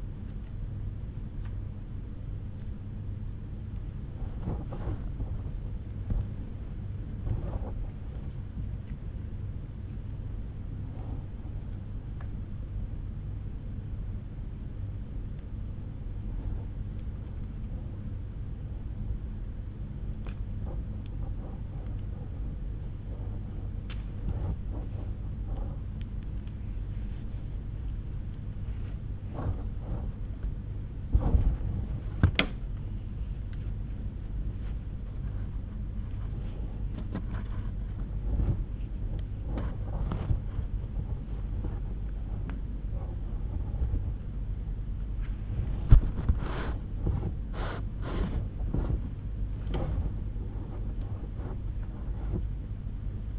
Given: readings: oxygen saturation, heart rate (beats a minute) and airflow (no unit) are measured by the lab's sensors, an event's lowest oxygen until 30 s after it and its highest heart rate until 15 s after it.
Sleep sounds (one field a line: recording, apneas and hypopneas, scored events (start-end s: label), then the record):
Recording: a person awake in a sleep study, by a smartphone at the bedside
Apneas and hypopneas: none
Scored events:
0.00-53.39 s: awake
From the record:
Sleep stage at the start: awake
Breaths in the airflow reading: 11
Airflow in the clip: -5.8 to 6.8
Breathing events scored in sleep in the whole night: 368 in 8.0 hours asleep